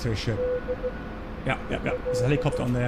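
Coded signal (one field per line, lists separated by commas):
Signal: Morse code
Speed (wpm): 16 wpm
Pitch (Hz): 500 Hz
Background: speech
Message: D L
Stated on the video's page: Morse heard in the DCS UH-1 Huey flight simulator game, Peacekeeper Campaign mission.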